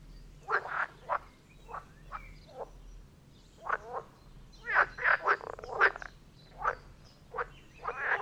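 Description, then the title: Frogs croaking in a loose chorus, short harsh croaks scattered singly and in quick clusters, some louder bursts overlapping near the middle, faint low hum beneath. Chorus of frogs near Vellerner Brook in Neubeckum, recorded at 2pm in stereo. "Frog concert near Vellerner Brook in Neubeckum - 2pm"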